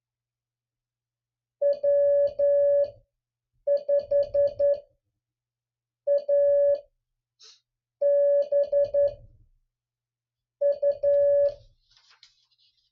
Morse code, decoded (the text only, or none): W5ABU